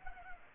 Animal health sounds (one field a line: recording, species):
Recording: mosquito wingbeat signal from an infrared sensor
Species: Culex pipiens